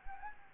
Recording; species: mosquito wingbeat signal from an infrared sensor; Anopheles gambiae